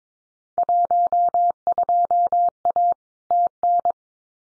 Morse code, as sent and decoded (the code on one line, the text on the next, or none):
.---- ..--- .- / - -.
12A TN